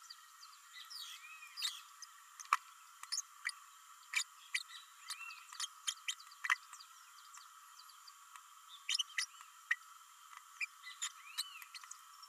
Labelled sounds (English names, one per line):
Green-rumped Parrotlet babbling